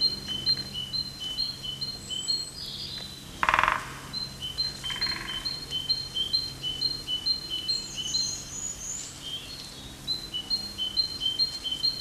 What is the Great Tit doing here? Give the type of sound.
song